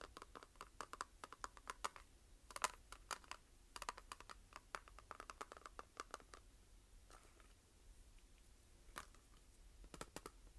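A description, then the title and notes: Fingernails tap and scratch on a plastic case in quick, irregular bursts of sharp clicks, densest early, thinning after six seconds with scattered taps. Tapping and Scratching Plastic Case.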